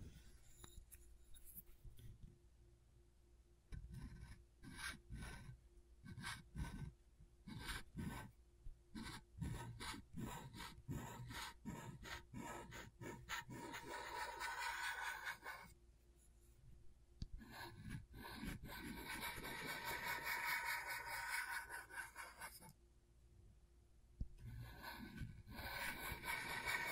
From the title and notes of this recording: ASMR Brain Tingling Scratchboard (No Talking).